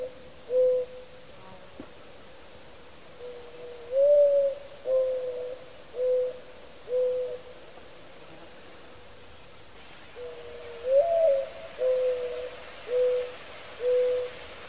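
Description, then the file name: Mourning dove song: a single coo, then two series of soft, low hooting coos, each opening with a slightly rising note and followed by evenly spaced steady coos, with a faint high whistle just before the first series. "Mourning Dove - Zenaida macroura"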